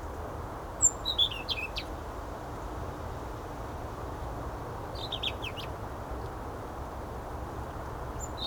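European robin giving two short bursts of thin, high, tumbling notes, separated by a few seconds, over a steady low rumbling background noise.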